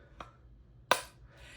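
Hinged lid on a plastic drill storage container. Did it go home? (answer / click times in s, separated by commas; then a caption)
yes / 0.9 s. The hinged lid of a plastic diamond-drill storage container is closed, with a faint tap at 0.2 s and then a sharp, bright click at 0.9 s as the lid snaps shut. The click shows the lid is secured in place, followed by a soft, faint rustle.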